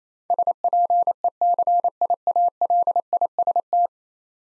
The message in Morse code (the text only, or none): SPECIALIST